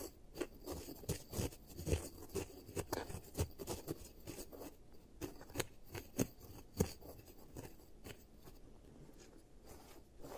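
Scraping and rubbing sounds from an ASMR giant teeth treatment, like tools working over a hard surface. Short, uneven strokes come in quick succession throughout, with a few louder, sharper scrapes around the second, third and seventh seconds over a low, rough bed.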